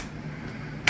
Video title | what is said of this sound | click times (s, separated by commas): fuji part 2 transaxle repair.EzGo gas. | that locks it into position. | 0.9 s